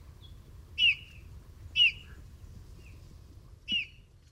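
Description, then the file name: Eurasian bullfinch calls: three short whistled notes, the first two about a second apart, the third after a longer pause. "Pyrrhula pyrrhula"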